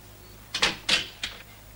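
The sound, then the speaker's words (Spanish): A door rattles and clatters in three quick bursts, a doubled clack, then another jolt and a lighter final knock, with no voices. “¿Qué le pasa a esta puerta?”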